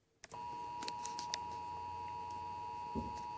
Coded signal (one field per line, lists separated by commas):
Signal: Emergency Alert System (SAME) tones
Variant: 853 and 960 Hz attention tone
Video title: TV EAS 14 - SVA 6